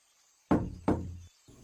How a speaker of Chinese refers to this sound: 展昭上前敲敲门，没一会儿，门被打开了一条缝，一个老头往外看了看。